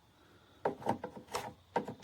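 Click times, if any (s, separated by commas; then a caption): 1.8 s. A CHIGEE AIO-5 Play smart display for BMW motorcycles, a plastic-housed plug-and-play unit with a 3-pin interface, is pressed into the bike's unlocked handlebar navigation cradle. A series of short plastic knocks and rubbing taps comes as it is fitted, ending in a sharp click at 1.8 s as it latches and seats in place.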